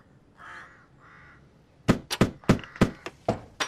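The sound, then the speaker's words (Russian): A young man pounds on a door with about eight loud, sharp knocks in quick, uneven succession, after a moment of faint, muffled tonal sound. “Парень стучит в дверь.”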